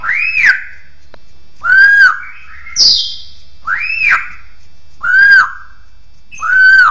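Bird song of rich, arched whistled notes with strong overtones, repeated every one and a half to two seconds, with a brief higher buzzy note between.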